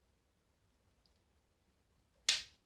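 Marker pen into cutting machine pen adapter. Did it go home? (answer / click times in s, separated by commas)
yes / 2.3 s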